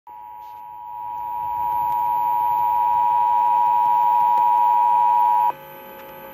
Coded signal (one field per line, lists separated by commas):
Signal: Emergency Alert System (SAME) tones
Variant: 853 and 960 Hz attention tone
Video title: Florida Required Monthly Test on WKGC and WKGC-HD3